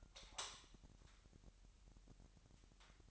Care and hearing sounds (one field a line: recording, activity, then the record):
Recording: daily activity, microphone in the room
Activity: light on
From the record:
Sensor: 3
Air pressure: 1001.9 hPa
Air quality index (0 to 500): 247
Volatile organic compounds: 48 ppm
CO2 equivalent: 3274 ppm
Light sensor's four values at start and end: 6/13/5/5 and 13/35/15/14